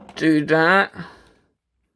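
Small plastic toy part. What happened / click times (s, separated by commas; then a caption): Handled, not yet home: no seating click heard / none. Someone talks while handling the plastic head section of a transforming toy figure, turning it toward its locked position on the body. The head has not yet clicked or seated into place by the end of the clip.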